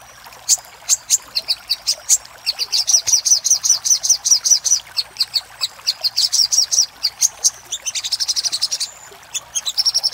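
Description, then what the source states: Little spiderhunter song: spaced high chips that speed into fast, even strings of sharp notes, with a quick stuttering burst near the end. Master recording for training cage birds, titled Sogok Ontong Labaik.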